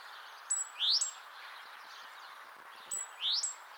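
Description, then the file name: Great tit giving two high, thin phrases, each a steady piercing note followed by a quick upward-sweeping whistle, over a steady background hiss. "Parus major"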